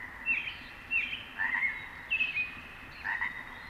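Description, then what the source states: Chorus frog giving several short, punctuated ribbits over a background frog chorus. Dusk in mid-June, Cascade Mountains high country; grassy meadow beside a winding brook; one nearby chorus frog's punctuated ribbit against a distant clamoring group of frogs.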